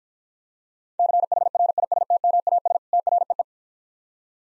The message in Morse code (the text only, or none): CHRISTMAS TREE